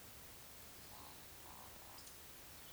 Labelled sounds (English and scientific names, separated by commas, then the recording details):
Eurasian Woodcock (Scolopax rusticola) whistle, Eurasian Woodcock (Scolopax rusticola) croak
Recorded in Baden-Württemberg, Germany, on 19 June 2020 at 19:47 UTC
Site 49006, 684 m above sea level